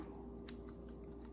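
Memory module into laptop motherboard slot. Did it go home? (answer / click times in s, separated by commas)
no / none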